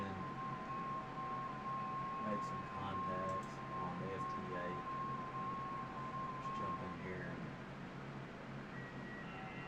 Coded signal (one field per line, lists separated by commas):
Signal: FT8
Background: speech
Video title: FT8 and Some HF Action Live 05/17/2025 #hamradio